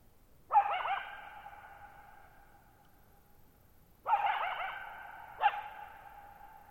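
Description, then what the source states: Coyote barking three times, one sharp yelp then a pause of several seconds before two more in quick succession, each ringing on in a long reverberant fade. Lone wild coyote calling at night, July 14, 2019, Thirtymile Meadows, Okanogan National Forest high country, Pacific Northwest, 1950 m, dry plateau meadow bowl with boggy ground, long natural reverberation.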